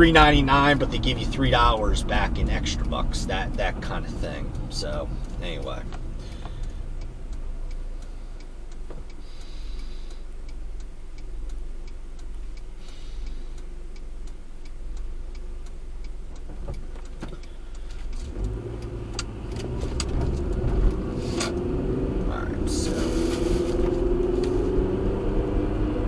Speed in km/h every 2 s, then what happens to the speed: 35, 23, 11, 0, 0, 0, 0, 0, 0, 5, 23, 37, 52.
0-6 brakes to 0. 6-17 standing. 17-26 pulls away to 52.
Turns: 17-22.